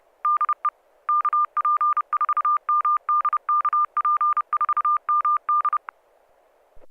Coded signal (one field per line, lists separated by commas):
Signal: Morse code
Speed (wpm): 30 wpm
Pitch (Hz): 1200 Hz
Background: none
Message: DE KP4MD KP4MD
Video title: N6NA SSTV Net - 11/05/2025